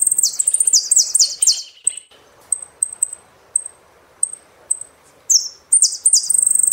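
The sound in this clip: Saffron finch song: quick runs of dropping high notes, a sequence of spaced single chips, then further falling sweeps and a fast trill.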